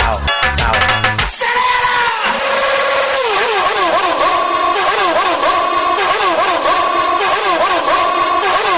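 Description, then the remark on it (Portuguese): Several motorcycle engines rev over and over at a bar in Baía do Sol, revved by people who came by motorcycle, their droning pitch climbing and dropping in quick repeated waves, loud and continuous throughout, with a rough burst of noise at the start. “Só quem veio de moto, acelera, acelera, acelera.”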